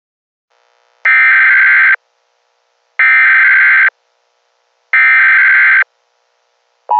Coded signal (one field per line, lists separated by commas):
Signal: Emergency Alert System (SAME) tones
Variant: header bursts